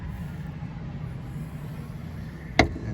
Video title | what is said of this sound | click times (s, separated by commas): 2020 Chevrolet Corvette stingray review | slight push so you hear that click and | 2.6 s